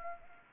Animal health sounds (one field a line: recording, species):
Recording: mosquito wingbeat signal from an infrared sensor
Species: Anopheles arabiensis